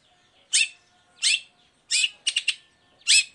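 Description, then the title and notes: Long-tailed shrike calls: harsh rasping notes spaced under a second apart, one broken into a quick triple stutter. Morning singing with full variation of 'toet toet' notes, used as a lure to provoke other long-tailed shrikes to answer and join in. "Cendet Gacor Dor Di Kala Pagi Toet Toet Variasi Suara. Pancingan Emosi Cendet Gacor Full Variasi Toet Toet Bikin Nyaut Cendet Lain Langsung Ikutan Bunyi. Burung cendet"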